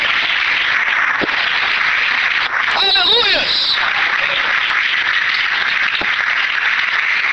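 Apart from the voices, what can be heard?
audience applauding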